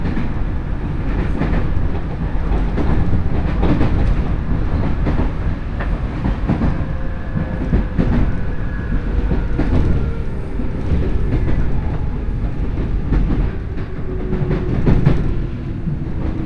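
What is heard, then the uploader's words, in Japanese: A local train on the Senseki Line runs from Matsushima-Kaigan toward Ishinomaki, with a heavy, steady low rumble throughout. Frequent clicks and knocks from the rails break through irregularly, and a faint motor whine slides slowly downward in the second half. 仙石線 普通 松島海岸→石巻。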